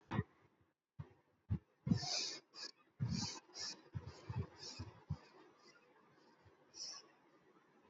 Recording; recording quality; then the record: shallow breathing; excellent, no background noise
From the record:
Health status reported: respiratory illness, not identified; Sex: male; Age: 36 years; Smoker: yes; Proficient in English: yes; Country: India